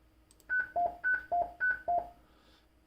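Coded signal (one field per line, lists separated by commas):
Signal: roger beep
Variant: Anytone factory preset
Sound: six quick beeps alternating high and low, three high and three low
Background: quiet room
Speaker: you can go and change it you just mess with the uh tone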